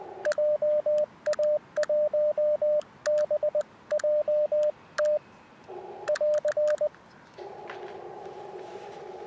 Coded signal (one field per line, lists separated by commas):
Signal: Morse code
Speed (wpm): 20 wpm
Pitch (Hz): 600 Hz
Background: radio noise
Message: JA1BJT <AR>